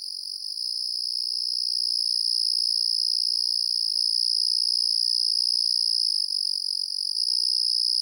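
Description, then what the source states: Continuous cricket trill, thin and high with a quick pulse, rising slightly in loudness at the start and then holding steady. Crickets calling on a night in the countryside.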